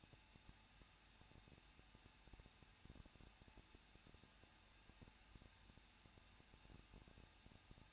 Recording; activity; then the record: daily activity, microphone in the room; no activity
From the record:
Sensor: 2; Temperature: 21.0 degrees Celsius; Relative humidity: 37.5%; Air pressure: 1006.3 hPa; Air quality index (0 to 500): 223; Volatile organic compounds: 25 ppm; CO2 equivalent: 2828 ppm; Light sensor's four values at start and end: 2/3/2/2 and 2/3/2/2